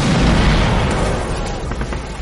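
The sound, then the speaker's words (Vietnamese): A grenade, thrown by a soldier behind a large rock during a firefight, explodes at full loudness, a deep, rumbling boom with crackling debris that slowly fades over about two seconds, blowing a few helmets into the air, with no voices. “cùng với tiếng nổ là vài cái mũ bay lên.”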